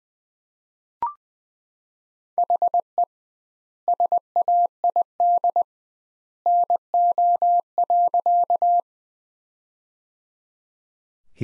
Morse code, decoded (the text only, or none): HE SAID NO.